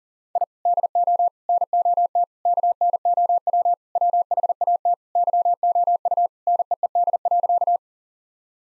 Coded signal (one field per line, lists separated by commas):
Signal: Morse code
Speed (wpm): 40 wpm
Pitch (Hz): 700 Hz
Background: none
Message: I DO NOT KNOW WHAT YOU NEED.